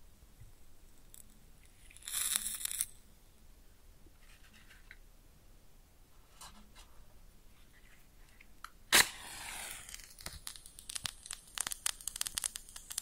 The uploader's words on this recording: ASMR Close Up Matching LightingExtinguishing Fire Crackles & Sizzles (No Talking).